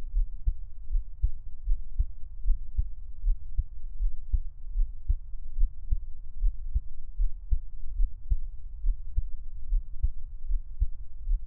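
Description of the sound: Soft, low thuds repeat steadily at about 76 beats a minute in an even rhythm, each beat a dull double thump. An adult's own heartbeat heard close up for Taiwanese ASMR, with no talking and a faint low hum underneath.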